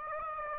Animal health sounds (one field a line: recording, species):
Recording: mosquito wingbeat signal from an infrared sensor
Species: Aedes aegypti